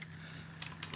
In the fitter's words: which you just click into place all right going drw that in